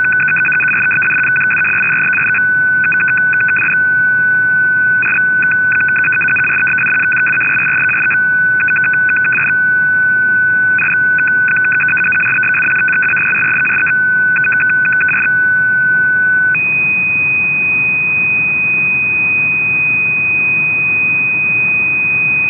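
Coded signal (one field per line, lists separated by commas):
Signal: numbers station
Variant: F06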